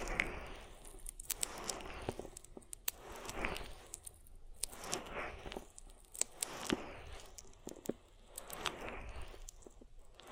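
Oil ear massage with wet, slippery rubbing and squishing that swells and fades in slow waves, about every one to two seconds. Sharp little crackles and pops are scattered throughout, some bright and sudden, over a soft low rumble.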